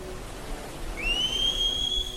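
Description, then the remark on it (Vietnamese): A whistle is blown: a single long, shrill blast begins about halfway through, sliding up briefly and then holding a steady high pitch to the end over a low background hum. “Đột nhiên, Sát Thiên Mạch nghe thấy tiếng còi, tiếng nào tiếng nấy đều dồn dập đòi mạng.”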